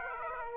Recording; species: mosquito wingbeat signal from an infrared sensor; Aedes aegypti